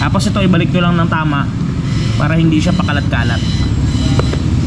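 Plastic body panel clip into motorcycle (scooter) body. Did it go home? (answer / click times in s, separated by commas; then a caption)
yes / 4.2 s. Someone talks while putting a plastic body panel back into its correct position on a 2024/2025 Honda Click 125 V4 scooter during reassembly. A single sharp click at 4.2 s marks the panel clip snapping home, and the panel is seated.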